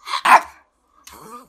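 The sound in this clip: Maltese dog barks: one sharp high bark followed by a louder one, a short silence, then a softer rough vocal tail.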